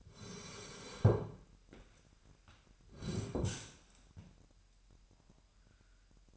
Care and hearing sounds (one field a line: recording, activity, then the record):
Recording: daily activity, microphone in the room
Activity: sit down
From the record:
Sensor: 2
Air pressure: 998.4 hPa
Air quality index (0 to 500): 128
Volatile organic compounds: 3 ppm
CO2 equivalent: 1452 ppm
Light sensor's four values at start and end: 6/13/5/6 and 7/16/6/7